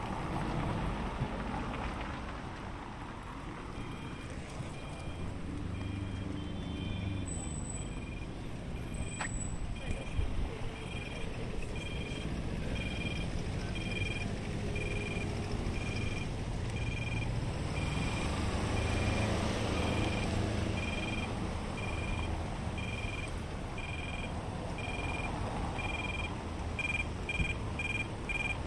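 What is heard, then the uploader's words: A busy paved intersection in Rome, with a steady low rumble of passing traffic and faint voices throughout. A bright, high pedestrian-crossing beep repeats in quick regular pulses, intermittent early on and nearly continuous after about 14 seconds. A close-up, binaural recording of a paved/tiled road intersection in Rome. We can also hear the distinctive sound of the Roman pedestrian crossing beeps periodically. Recorded by Cities and Memory.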